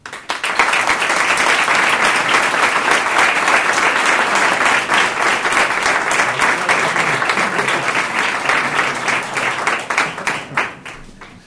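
A crowd breaks into sustained applause, a dense wash of many hands clapping at steady loudness for about ten seconds before thinning out into scattered claps at the end.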